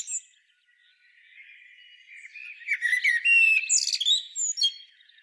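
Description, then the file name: Common blackbird producing a twittering phrase with sharp high squeaks and warbled notes that swell and then trail off. "Turdus merula"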